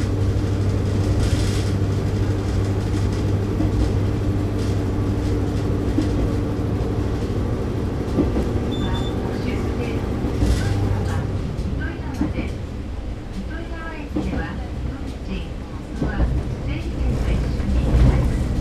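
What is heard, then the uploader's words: Inside a diesel railcar on the move, a steady low engine rumble and drone fill the first half, with sharp clicks of the wheels over rail joints. Around eleven seconds the drone eases and a mix of knocks, creaks and faint voices takes over. Oito Line 427D (Kiha 52-126) Himekawa to Itoigawa. On the Oito Line of JR West, the diesel railcars of the former Japanese National Railways were once active until the end. I remember that many railroad fans were on board. ZOOM H2.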